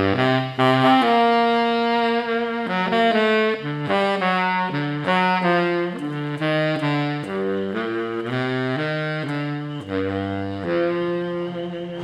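A baritone sax plays loud, moving through a melody of held low notes that change every half second to a second, with a few quicker runs. The tone is rich and reedy, the volume stays steady, and nothing else stands out behind it.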